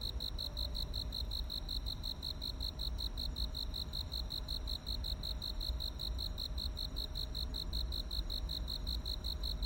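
Cricket giving rapid, evenly repeated high chirps, several a second, continuous throughout, with a low background rumble underneath.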